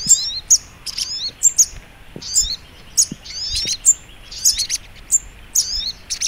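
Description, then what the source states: Brown-throated sunbird song: sharp high chips and short falling twitters, repeating about every half second, with faint low clicks. Masteran training recording titled Sogok Ontong Labaik.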